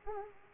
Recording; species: mosquito wingbeat signal from an infrared sensor; Aedes aegypti